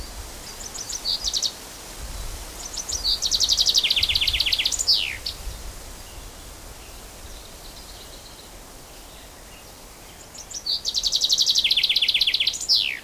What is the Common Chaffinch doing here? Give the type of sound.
song